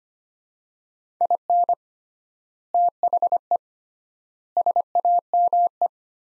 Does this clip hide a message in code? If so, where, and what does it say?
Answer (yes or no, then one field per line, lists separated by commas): yes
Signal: Morse code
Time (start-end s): 1.2-5.9 s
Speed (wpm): 25 wpm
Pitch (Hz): 700 Hz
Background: none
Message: IN THE SAME